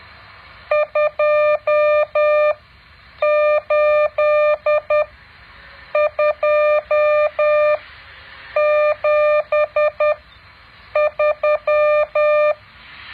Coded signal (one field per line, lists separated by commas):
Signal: Morse code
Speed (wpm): 10 wpm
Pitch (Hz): 600 Hz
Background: none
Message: 28273